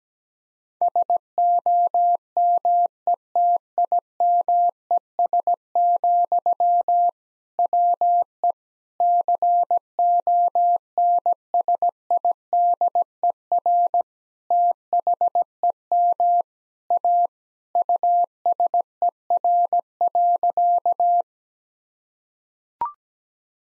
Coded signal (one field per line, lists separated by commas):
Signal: Morse code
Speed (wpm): 17 wpm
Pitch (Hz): 700 Hz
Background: none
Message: SOMETIMES, WE CONSIDER THEM A USER.